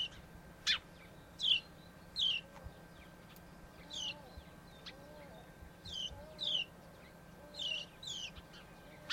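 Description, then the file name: House sparrow chirps, short downward-slurred notes given singly and in loose pairs, roughly every second. "Passer domesticus"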